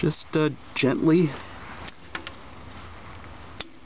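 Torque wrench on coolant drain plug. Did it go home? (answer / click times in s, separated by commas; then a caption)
yes / 3.6 s. Someone talks at the start while a click-type torque wrench with a 24 mm socket, set to 29 ft-lbs, gently tightens the drain plug on a Prius inverter coolant system. The wrench gives a sharp click at 3.6 s, showing the plug has reached its set torque.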